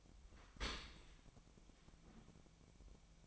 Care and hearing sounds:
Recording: daily activity, microphone in the room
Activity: open dishwasher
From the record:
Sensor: 1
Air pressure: 1003.2 hPa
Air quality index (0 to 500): 196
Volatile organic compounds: 6 ppm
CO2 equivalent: 1875 ppm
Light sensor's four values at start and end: 29/73/31/37 and 29/72/31/37

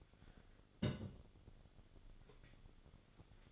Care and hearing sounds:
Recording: daily activity, microphone in the room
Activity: place on stove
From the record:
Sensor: 4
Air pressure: 1008.9 hPa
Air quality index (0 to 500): 130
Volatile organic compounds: 1 ppm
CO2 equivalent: 947 ppm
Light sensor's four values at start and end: 11/25/10/9 and 11/24/9/9

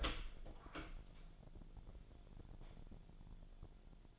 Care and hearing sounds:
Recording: daily activity, microphone in the room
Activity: open door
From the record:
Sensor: 5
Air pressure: 1000.5 hPa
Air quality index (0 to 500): 152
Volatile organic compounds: 2 ppm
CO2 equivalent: 1173 ppm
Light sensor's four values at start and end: 48/113/47/50 and 48/113/47/50

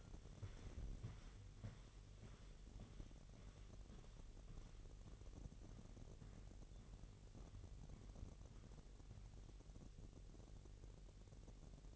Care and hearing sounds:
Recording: daily activity, microphone in the room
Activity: walk to room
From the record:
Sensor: 4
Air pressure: 1013.0 hPa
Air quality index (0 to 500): 239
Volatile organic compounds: 4 ppm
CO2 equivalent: 1592 ppm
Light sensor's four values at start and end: 31/74/31/31 and 35/83/34/34

